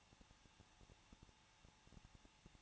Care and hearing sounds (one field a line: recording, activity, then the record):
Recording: daily activity, microphone in the room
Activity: no activity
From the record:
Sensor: 1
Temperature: 20.1 degrees Celsius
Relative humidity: 39.1%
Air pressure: 1006.4 hPa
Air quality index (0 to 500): 216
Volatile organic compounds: 73 ppm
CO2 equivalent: 3543 ppm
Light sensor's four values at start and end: 1/2/1/1 and 1/2/1/1